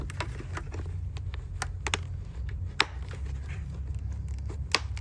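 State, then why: Seated. The side cheek pad of a motorcycle helmet is refitted, its plastic snap buttons pressed one after another into the sockets on the helmet shell over a low steady hum. Sharp snaps are heard at 1.9 s, 2.8 s and 4.8 s as the buttons press home. Once one button is fastened the others mostly line up, so a push drops each into place and the pad is seated.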